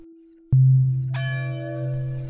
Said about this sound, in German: Im Dorf schlägt es 23:30.